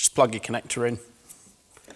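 Someone talks while a vehicle wiring plug is brought to the socket of a Discovery 4 rear light unit, with a resistor soldered in, that is being fitted to a Discovery 3. After the talk, a quiet pause gives way to a few faint handling ticks near 1.8, 1.9 and 2.0 seconds. The plug has not snapped home yet; nothing has seated.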